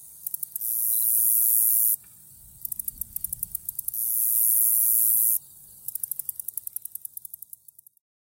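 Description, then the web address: Common meadow katydid song: high, hissing buzzes lasting about one to one and a half seconds, alternating with series of rapid ticks, the final ticking run fading out. "The Songs of Insects. Common Meadow Katydid"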